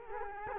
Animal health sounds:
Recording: mosquito wingbeat signal from an infrared sensor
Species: Culex quinquefasciatus

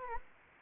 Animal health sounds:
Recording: mosquito wingbeat signal from an infrared sensor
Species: Anopheles arabiensis

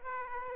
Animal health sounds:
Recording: mosquito wingbeat signal from an infrared sensor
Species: Aedes aegypti

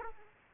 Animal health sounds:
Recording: mosquito wingbeat signal from an infrared sensor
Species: Aedes aegypti

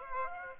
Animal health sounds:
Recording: mosquito wingbeat signal from an infrared sensor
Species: Aedes aegypti

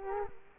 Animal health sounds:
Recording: mosquito wingbeat signal from an infrared sensor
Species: Culex quinquefasciatus

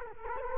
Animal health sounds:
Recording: mosquito wingbeat signal from an infrared sensor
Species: Culex quinquefasciatus

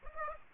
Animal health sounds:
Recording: mosquito wingbeat signal from an infrared sensor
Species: Aedes aegypti

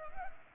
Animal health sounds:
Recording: mosquito wingbeat signal from an infrared sensor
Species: Culex pipiens

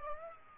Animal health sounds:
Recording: mosquito wingbeat signal from an infrared sensor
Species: Aedes aegypti

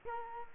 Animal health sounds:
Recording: mosquito wingbeat signal from an infrared sensor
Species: Culex quinquefasciatus

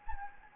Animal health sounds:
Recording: mosquito wingbeat signal from an infrared sensor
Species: Anopheles gambiae

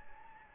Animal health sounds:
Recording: mosquito wingbeat signal from an infrared sensor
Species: Anopheles gambiae

